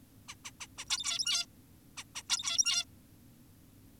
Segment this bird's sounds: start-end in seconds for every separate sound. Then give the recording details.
0.28-0.35, 0.45-0.51, 0.61-0.67, 0.78-0.85, 0.90-1.46, 1.97-2.04, 2.16-2.22, 2.30-2.85. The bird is an adult. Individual g17y2U